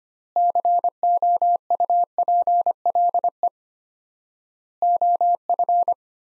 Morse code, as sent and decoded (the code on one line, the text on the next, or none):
-.-. --- ..- .--. .-.. . / --- ..-.
COUPLE OF